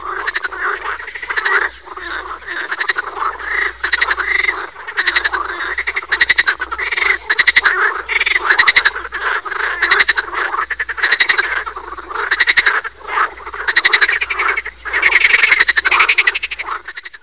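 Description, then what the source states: Edible frog: loud, continuous croaking of fast pulsed croaks and rattles throughout. Recorded 10 June 2008.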